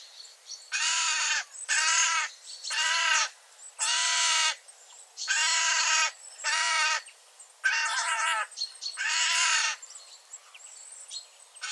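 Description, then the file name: Eurasian jay giving harsh, rasping screeches, eight loud broad calls spaced roughly a second apart with brief gaps of quiet between them. "Garrulus glandarius"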